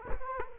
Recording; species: mosquito wingbeat signal from an infrared sensor; Culex quinquefasciatus